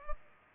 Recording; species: mosquito wingbeat signal from an infrared sensor; Culex pipiens